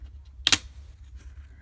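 On an HP 15-g029wm laptop display lid, the plastic screen bezel is pried along the next side. Its clips come free with a sharp double snap at 0.5 s over a low background hum. The bezel clips are released.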